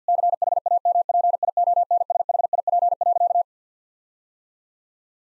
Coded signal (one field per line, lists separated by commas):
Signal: Morse code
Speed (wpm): 50 wpm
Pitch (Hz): 700 Hz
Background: none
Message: CHAMPIONSHIP.